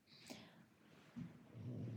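A quiet room, with a short snorting puff near the start, then low, rough, rumbling sounds rising in the second half. These are the snores of Jeffrey, a pug, heard as two breathy snoring phases within two seconds.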